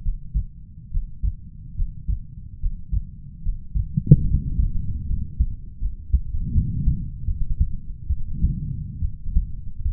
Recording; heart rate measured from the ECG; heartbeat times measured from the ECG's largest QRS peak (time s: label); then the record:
heart sounds by stethoscope; 73 bpm
0.01 s: heartbeat
0.90 s: heartbeat
1.75 s: heartbeat
2.59 s: heartbeat
3.41 s: heartbeat
4.25 s: heartbeat
5.06 s: heartbeat
5.78 s: heartbeat
6.52 s: heartbeat
7.25 s: heartbeat
8.07 s: heartbeat
8.99 s: heartbeat
9.83 s: heartbeat
From the record:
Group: healthy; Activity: breath hold 0-5 s, rest 5-10 s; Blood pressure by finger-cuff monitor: 98/70 mmHg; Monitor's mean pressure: 79 mmHg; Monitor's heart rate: 72 bpm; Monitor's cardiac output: 5.2 L/min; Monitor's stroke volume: 72 mL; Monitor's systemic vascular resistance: 1110 dyn s/cm5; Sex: male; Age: 20 years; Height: 187 cm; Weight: 68.9 kg